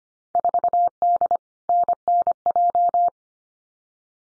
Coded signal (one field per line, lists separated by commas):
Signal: Morse code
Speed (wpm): 25 wpm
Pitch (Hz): 700 Hz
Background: none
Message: 4D NNJ